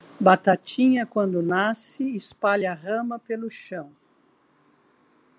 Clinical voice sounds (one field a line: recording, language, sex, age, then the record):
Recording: short text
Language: Brazilian Portuguese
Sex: female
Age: 60 to 69 years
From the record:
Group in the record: control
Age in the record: 69 years